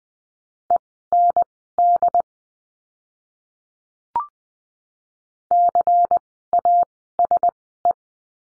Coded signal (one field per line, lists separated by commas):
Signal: Morse code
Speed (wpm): 20 wpm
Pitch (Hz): 700 Hz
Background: none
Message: END CASE